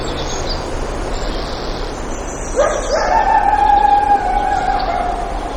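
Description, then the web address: Coyote howl that rises sharply from a low start and then holds a long, even note, with faint high chirps earlier on. Lake Clark, Alaska; 3 July 2018. "alaska acoustic highlights MAMMALS LACLCHBA 20180703 Coyotes"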